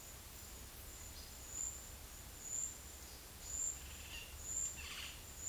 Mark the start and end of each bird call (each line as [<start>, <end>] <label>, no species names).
[3.70, 4.40] bird call
[4.75, 5.11] bird call